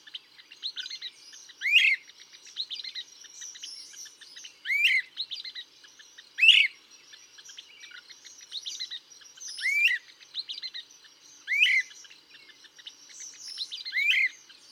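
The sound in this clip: Great crested flycatcher calling with strong rising whistled notes every few seconds, against a constant soft chatter of high chirps.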